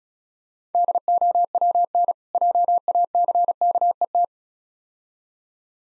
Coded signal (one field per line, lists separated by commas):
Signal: Morse code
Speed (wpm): 36 wpm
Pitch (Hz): 700 Hz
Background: none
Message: DOWN JACKET